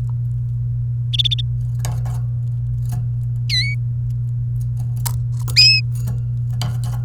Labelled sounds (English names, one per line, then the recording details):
Domestic Canary song
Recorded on 29 April 2018 at 11:23
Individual llb3